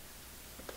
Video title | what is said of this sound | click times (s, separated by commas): How to change the oil in the Ducati Multistrada V4S | put it to the back boom it locks in place and you are all set | 0.7 s